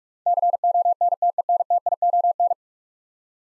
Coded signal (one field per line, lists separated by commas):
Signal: Morse code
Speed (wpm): 46 wpm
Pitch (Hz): 700 Hz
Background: none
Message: CONTENTION